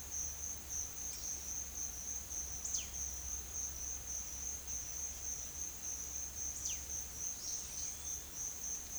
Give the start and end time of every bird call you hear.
[0.95, 6.94] bird call
[7.23, 8.51] bird call

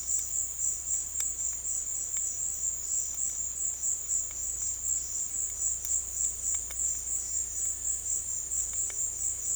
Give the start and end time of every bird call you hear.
[6.94, 8.09] bird call

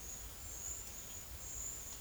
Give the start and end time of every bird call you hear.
[0.94, 2.01] bird call

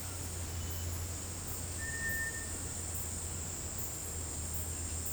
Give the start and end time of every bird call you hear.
[1.74, 2.58] bird call

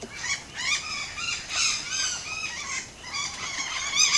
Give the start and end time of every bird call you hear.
[0.07, 4.17] bird call

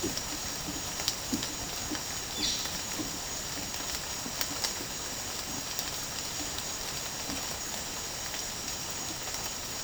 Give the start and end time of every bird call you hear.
[2.33, 2.64] bird call

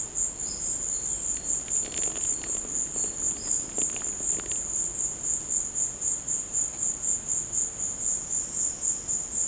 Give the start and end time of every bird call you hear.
[0.47, 3.67] bird call

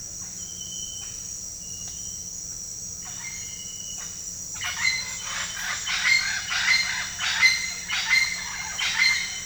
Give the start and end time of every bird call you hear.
[2.92, 3.38] bird call
[4.57, 9.43] bird call

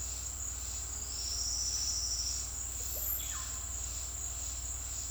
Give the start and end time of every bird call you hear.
[2.83, 3.49] bird call

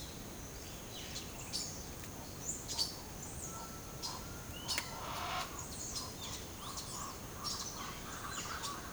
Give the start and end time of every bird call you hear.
[1.12, 1.71] bird call
[2.38, 2.88] bird call
[3.16, 3.54] bird call
[5.54, 8.93] bird call

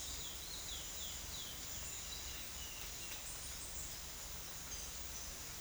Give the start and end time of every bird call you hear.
[0.00, 1.61] bird call

